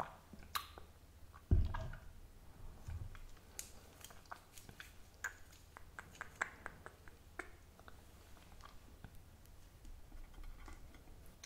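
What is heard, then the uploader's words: Sushi being eaten: soft wet chewing and mouth clicks scattered through the whole clip, with a low thump near 1.5 seconds and another around 3 seconds. The small sharp ticks come irregularly, a few each second, over a faint low hum. ASMR SUSHI EATING SOUNDS.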